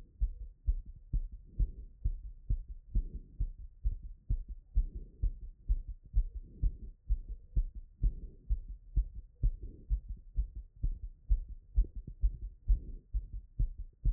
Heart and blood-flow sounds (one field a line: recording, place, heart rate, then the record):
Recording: heart sounds by stethoscope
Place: Erb's point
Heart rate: 120 bpm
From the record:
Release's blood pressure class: hypertension stage 1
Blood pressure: 136/77 mmHg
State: after exercise